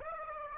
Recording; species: mosquito wingbeat signal from an infrared sensor; Aedes aegypti